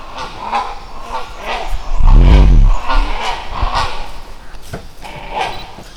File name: Great hornbill , Buceros bicornis,call